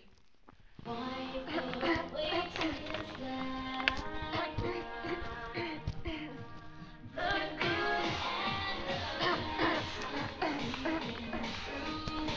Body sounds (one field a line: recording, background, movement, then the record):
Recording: throat clearing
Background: music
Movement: walking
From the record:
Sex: female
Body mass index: 18.8 kg/m2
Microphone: on the chest, facing the body